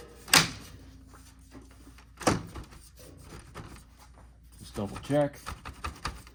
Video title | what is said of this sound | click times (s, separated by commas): 2011-2016 Ford Superduty LED Headlight Bulbs Upgrade | once you get it lined up just push in and those clips will snap back into place so you can hear them snap | 0.3 s, 2.3 s